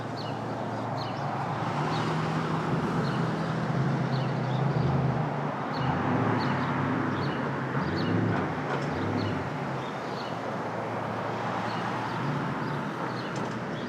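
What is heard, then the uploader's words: Street traffic at dawn in Brooklyn, a steady low rumble of passing vehicles that swells around the fourth to sixth and eighth seconds as cars go by. Faint bright chirps repeat above the roar throughout, likely birds. Brooklyn Dawn. Street Traffic.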